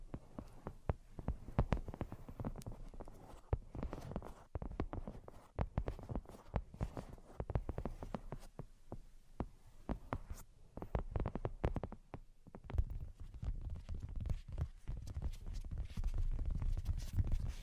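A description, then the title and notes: Rapid, irregular tapping with sharp clicks throughout, sometimes in quick clusters, and a heavier low thudding that builds over the final few seconds. ASMR Brain Penetrating 3D Tapping (No Talking).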